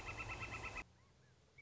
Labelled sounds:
Northern Flicker
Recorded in Sonoma County, California

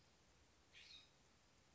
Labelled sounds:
California Scrub-Jay
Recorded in Sonoma County, California

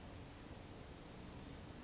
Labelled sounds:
Oak Titmouse
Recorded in Sonoma County, California

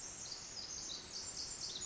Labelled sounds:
Pacific Wren
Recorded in Sonoma County, California

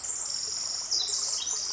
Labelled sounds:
Pacific Wren
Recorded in Sonoma County, California

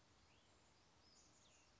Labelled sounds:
Cassin's Vireo
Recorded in Sonoma County, California

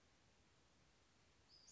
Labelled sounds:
Western Flycatcher
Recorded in Sonoma County, California

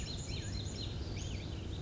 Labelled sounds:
Western Flycatcher
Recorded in Sonoma County, California

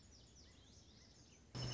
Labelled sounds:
Lazuli Bunting
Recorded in Sonoma County, California

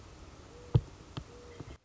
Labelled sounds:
Mourning Dove
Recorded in Sonoma County, California

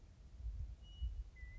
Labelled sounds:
Western Meadowlark
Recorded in Sonoma County, California

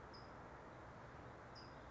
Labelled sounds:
California Towhee
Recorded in Sonoma County, California

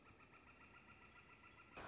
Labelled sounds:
Northern Flicker
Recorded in Sonoma County, California

